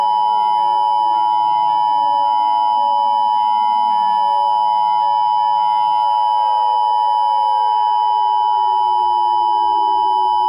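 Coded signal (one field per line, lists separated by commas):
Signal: Emergency Alert System (SAME) tones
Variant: 853 and 960 Hz attention tone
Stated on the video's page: Simulated EAS alert scenario.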